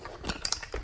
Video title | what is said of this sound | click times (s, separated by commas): Mini e revo repairs | install this gear cover. You should hear snap after you push it down. | 0.5 s